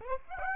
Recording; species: mosquito wingbeat signal from an infrared sensor; Aedes aegypti